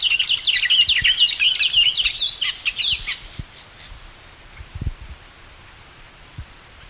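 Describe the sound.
Bird calls: a busy stream of high, quick chirps and twitters fills the first three seconds, then fades to near silence with a few faint low knocks.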